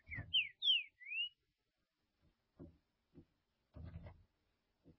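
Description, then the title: Green-winged saltator giving a brief phrase of four loud, slurred whistles, followed by scattered soft knocks and thumps. "Trinca Ferro"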